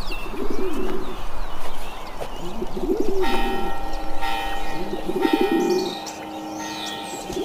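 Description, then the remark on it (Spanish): Church bells ring out in a couple of strong strikes, each leaving a long, shimmering hum, while pigeons coo in low soft bursts and small birds chirp throughout. “¿Y esas campanas? ¿Quién anda ahí?”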